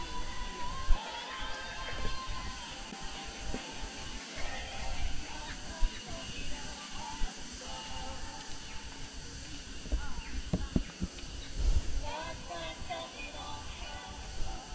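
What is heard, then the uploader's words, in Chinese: Cicadas after rain at the Ming Xiaoling mausoleum in Nanjing hold a steady, high buzzing drone from start to finish. Beneath it, low rumbling and faint murmuring voices come and go, with a few sharp knocks and a brief brighter burst around eleven to twelve seconds. 南京明孝陵的雨后蝉鸣。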